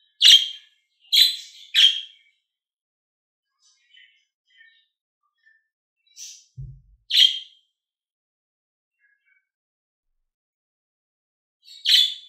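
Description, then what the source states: Lovebird chirps: three rapid shrill notes, a pause with faint soft peeps and a low thump, then two more sharp chirps. Described as a happy lovebird.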